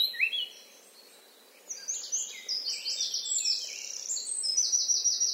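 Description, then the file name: Eurasian blackcap: a few high notes, a short lull, then an energetic warble of chirps and slurs ending in a fast, rattling trill. "Sylvia atricapilla"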